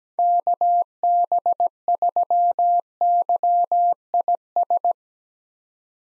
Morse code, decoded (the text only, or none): KB3YIS